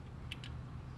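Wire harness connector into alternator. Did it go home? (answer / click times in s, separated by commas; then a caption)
yes / 0.3 s. A wiring harness plug is pushed onto the plastic connector of a new alternator on a 2014 Dodge Dart during an alternator replacement. A sharp, short click at 0.3 s shows the connector seating, followed by a fainter second tick just after, over a steady low background hum.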